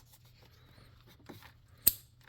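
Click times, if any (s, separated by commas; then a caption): 1.9 s. On a 2011 MKX during a catalytic converter replacement, the plastic wiring connector of the first oxygen sensor is pushed into its mating harness connector at the top of the engine bay, with faint handling and rubbing sounds before it. A single sharp click at 1.9 s marks the connector seating. A pull on it then confirms it is latched.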